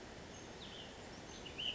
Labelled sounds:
Ash-throated Flycatcher (Myiarchus cinerascens)
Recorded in Sonoma County, California

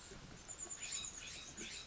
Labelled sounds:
California Scrub-Jay (Aphelocoma californica)
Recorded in Sonoma County, California

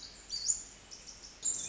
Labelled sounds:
Pacific Wren (Troglodytes pacificus)
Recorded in Sonoma County, California

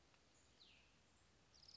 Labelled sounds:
Cassin's Vireo (Vireo cassinii)
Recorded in Sonoma County, California

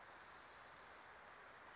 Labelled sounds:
Western Flycatcher (Empidonax difficilis)
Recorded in Sonoma County, California

